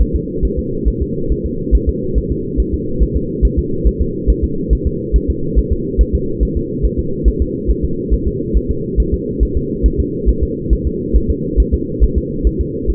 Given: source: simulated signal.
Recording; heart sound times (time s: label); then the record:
fetal heart sounds
0.01 s: S1
0.16 s: S2
0.45 s: S1
0.59 s: S2
0.88 s: S1
1.02 s: S2
1.32 s: S1
1.46 s: S2
1.75 s: S1
1.89 s: S2
2.18 s: S1
2.32 s: S2
2.60 s: S1
2.74 s: S2
3.03 s: S1
3.17 s: S2
3.45 s: S1
3.59 s: S2
3.87 s: S1
4.01 s: S2
4.30 s: S1
4.44 s: S2
4.73 s: S1
4.87 s: S2
5.16 s: S1
5.30 s: S2
5.59 s: S1
5.73 s: S2
6.01 s: S1
6.15 s: S2
6.43 s: S1
6.57 s: S2
6.85 s: S1
6.99 s: S2
7.28 s: S1
7.42 s: S2
7.71 s: S1
7.84 s: S2
8.14 s: S1
8.28 s: S2
8.57 s: S1
8.71 s: S2
9.00 s: S1
9.14 s: S2
9.43 s: S1
9.57 s: S2
9.86 s: S1
10.00 s: S2
10.29 s: S1
10.43 s: S2
10.73 s: S1
10.87 s: S2
11.16 s: S1
11.30 s: S2
11.60 s: S1
11.74 s: S2
12.04 s: S1
12.18 s: S2
12.47 s: S1
12.61 s: S2
12.90 s: S1
From the record:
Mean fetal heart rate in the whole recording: 140 bpm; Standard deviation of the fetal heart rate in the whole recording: 2 bpm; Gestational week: 34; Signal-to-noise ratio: -6.6 dB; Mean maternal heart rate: 72 bpm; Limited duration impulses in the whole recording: present